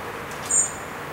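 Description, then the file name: Common blackbird giving a single thin, very high, drawn-out seee note lasting a fraction of a second, over faint steady background hiss. "Turdus merula"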